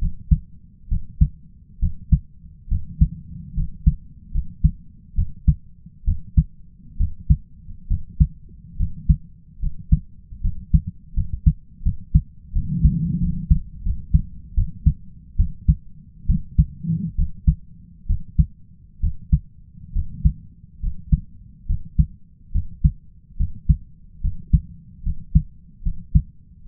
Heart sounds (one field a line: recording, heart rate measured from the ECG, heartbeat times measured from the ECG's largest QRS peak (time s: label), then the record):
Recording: heart sounds by stethoscope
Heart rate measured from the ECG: 72 bpm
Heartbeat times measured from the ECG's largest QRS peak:
0.88 s: heartbeat
1.79 s: heartbeat
2.68 s: heartbeat
3.54 s: heartbeat
4.31 s: heartbeat
5.15 s: heartbeat
6.04 s: heartbeat
6.97 s: heartbeat
7.87 s: heartbeat
8.76 s: heartbeat
9.59 s: heartbeat
10.41 s: heartbeat
11.13 s: heartbeat
11.82 s: heartbeat
12.52 s: heartbeat
13.19 s: heartbeat
13.82 s: heartbeat
14.54 s: heartbeat
15.36 s: heartbeat
16.26 s: heartbeat
17.15 s: heartbeat
18.06 s: heartbeat
19.00 s: heartbeat
19.92 s: heartbeat
20.80 s: heartbeat
21.66 s: heartbeat
22.52 s: heartbeat
23.37 s: heartbeat
24.21 s: heartbeat
25.03 s: heartbeat
25.82 s: heartbeat
26.66 s: heartbeat
From the record:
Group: healthy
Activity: rest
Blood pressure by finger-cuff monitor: 104/61 mmHg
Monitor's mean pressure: 72 mmHg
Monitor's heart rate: 70 bpm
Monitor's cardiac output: 5 L/min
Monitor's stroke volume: 72 mL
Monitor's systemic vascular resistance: 1010 dyn s/cm5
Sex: male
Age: 20 years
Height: 167 cm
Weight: 61 kg